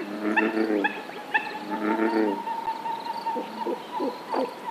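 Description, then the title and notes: American bullfrog calling: buzzy harmonic croaks in the first half, then several short notes over a steady whine. "Paisatges sonors amb Albert Murillo. Avui el so d'una granota toro"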